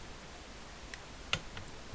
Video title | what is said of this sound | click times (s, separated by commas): $500 Yamaha YZ450 Dirt Bike Engine Reassembly - Top End Rebuild #2 | just seven foot pounds there's a click | 1.3 s